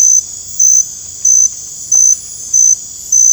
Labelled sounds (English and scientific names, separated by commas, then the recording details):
none
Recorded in dense forest near Puerto Asís, Putumayo, Colombia, on 22 December 2024 at 23:30
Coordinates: 0.481, -76.323
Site G100